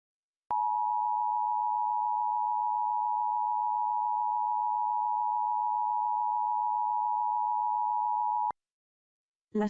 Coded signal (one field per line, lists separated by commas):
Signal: Emergency Alert System (SAME) tones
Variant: 853 and 960 Hz attention tone